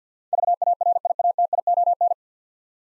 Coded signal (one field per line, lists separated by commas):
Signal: Morse code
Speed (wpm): 50 wpm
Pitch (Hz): 700 Hz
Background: none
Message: VARIATION